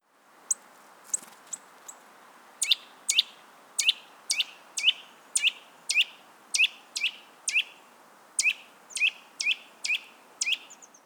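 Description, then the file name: Eurasian nuthatch calls: short, sharp, high notes with a quick downward slur, repeated in a long loose series of many calls. "Sitta europaea"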